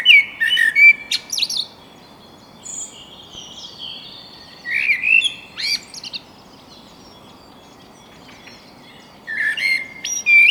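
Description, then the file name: Common blackbird delivers flutelike warbles ending in high squeaks, repeated about every five seconds, with a thin whistle from another bird in the pauses. "Turdus merula"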